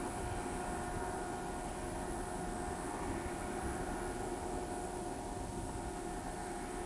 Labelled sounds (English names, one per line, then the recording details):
none
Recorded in pastures near Pivijay, Magdalena, Colombia, on 16 April 2023 at 18:30
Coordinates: 10.456, -74.369
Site P6-G026